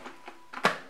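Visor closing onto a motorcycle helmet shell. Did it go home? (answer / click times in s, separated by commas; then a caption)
yes / 0.6 s. A polycarbonate visor is closed onto a plastic-shell Givi 50.5 Tridion or 50.4 motorcycle helmet. Faint soft taps come at about 0.3 s and 0.6 s. A sharp snap at 0.7 s marks the visor clicking into its closed position, where it seats firmly and then fades.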